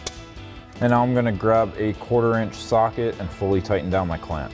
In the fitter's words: puis appuyez simplement dessus jusqu'à ce que vous entendiez ce clic.